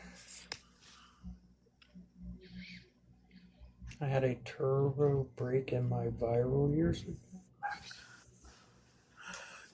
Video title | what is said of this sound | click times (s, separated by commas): …| And you can actually hear a very audible click when it locks into place. | 0.5 s